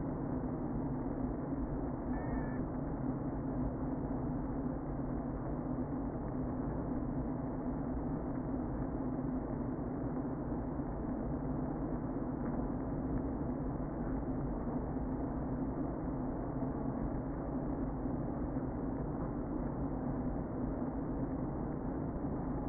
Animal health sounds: honeybee colony, microphone inside the hive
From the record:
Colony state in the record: queen present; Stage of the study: before two queens were removed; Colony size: about 60,000 bees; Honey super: yes

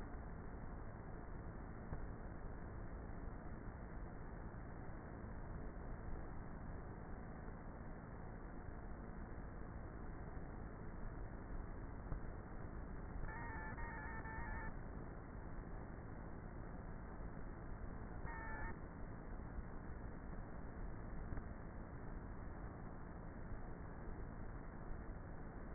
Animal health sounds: honeybee colony, microphone inside the hive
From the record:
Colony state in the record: queenless with a low population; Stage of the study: before two queens were removed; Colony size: about 30,000 bees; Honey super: no

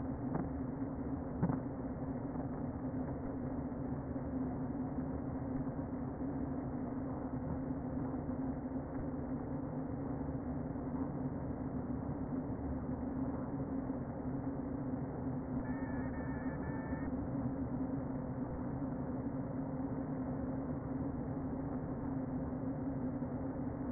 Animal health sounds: honeybee colony, microphone inside the hive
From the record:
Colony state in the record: queen present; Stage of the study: before two queens were removed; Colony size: about 60,000 bees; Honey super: yes

